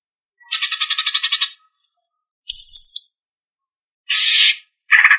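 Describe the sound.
Leafbird song: four short bursts, a rapid rattle, a squeaky phrase, a harsh buzz and a lower chatter, with silent gaps.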